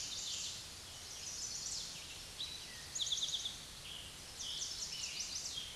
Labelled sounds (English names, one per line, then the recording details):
Eastern Towhee song
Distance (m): 40 m
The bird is about 5 m above the microphone
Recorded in a Pennsylvania forest on 16 May 2024 at 06:13
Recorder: AudioMoth, point MSD-2376
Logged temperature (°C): 16.7 °C
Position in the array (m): 106 m, 7 m